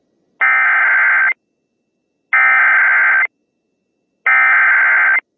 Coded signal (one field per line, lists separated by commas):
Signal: Emergency Alert System (SAME) tones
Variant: header bursts